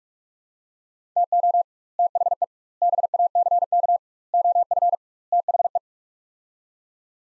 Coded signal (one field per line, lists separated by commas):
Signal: Morse code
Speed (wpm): 46 wpm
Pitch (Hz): 700 Hz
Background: none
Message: TO THE BACK OF THE